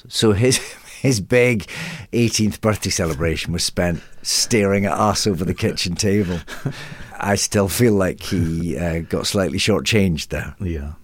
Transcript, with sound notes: So his big 18th birthday celebration was spent staring at us over the kitchen table.
(Laughter).
I still feel like he got slightly shortchanged there.